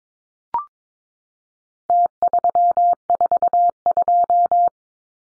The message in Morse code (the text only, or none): T342